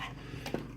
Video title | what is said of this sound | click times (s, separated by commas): Waterhythm WF-700 | Lines up and just pops right in. | 0.5 s